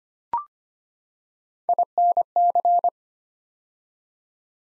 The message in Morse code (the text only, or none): INC